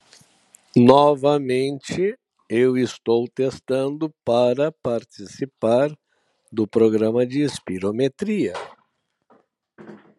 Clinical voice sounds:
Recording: short text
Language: Brazilian Portuguese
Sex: male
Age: 60 to 69 years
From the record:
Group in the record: control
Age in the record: 63 years

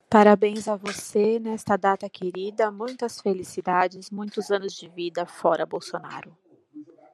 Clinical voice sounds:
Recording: short text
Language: Brazilian Portuguese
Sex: female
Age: 40 to 49 years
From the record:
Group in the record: control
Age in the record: 40 years

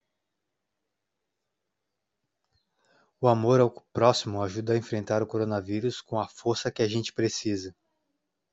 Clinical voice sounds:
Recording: spoken sentence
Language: Brazilian Portuguese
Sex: male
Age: 40 to 49 years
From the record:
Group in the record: control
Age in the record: 41 years

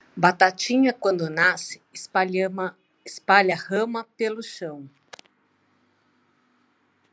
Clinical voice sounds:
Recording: short text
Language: Brazilian Portuguese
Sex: female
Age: 50 to 59 years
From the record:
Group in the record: control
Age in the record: 54 years

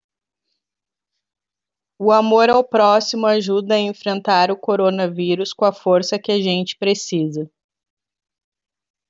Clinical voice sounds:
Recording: spoken sentence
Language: Brazilian Portuguese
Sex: female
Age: 30 to 39 years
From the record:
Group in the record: control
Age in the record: 39 years

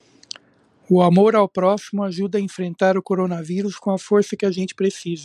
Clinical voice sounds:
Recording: spoken sentence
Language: Brazilian Portuguese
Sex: male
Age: 50 to 59 years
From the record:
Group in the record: control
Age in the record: 55 years

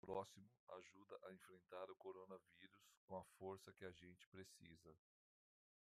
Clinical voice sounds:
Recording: spoken sentence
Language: Brazilian Portuguese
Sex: male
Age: 50 to 59 years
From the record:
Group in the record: control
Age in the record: 57 years

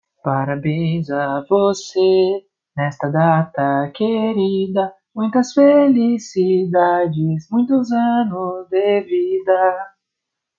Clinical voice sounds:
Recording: short text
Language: Brazilian Portuguese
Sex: male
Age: 20 to 29 years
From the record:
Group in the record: control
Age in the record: 26 years

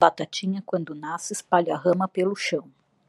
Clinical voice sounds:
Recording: short text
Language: Brazilian Portuguese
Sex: female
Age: 30 to 39 years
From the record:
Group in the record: control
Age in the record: 37 years

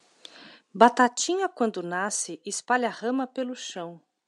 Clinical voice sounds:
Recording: short text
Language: Brazilian Portuguese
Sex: female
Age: 40 to 49 years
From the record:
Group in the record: control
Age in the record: 46 years

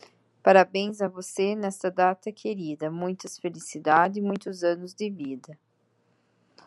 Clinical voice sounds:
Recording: short text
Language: Brazilian Portuguese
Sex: female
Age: 30 to 39 years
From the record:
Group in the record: control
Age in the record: 38 years

